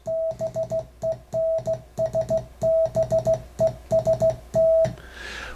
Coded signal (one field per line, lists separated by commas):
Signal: Morse code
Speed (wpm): 15 wpm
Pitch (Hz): 650 Hz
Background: music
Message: BENS BEST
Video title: CW School with Popeye PART 1 AmRRON Production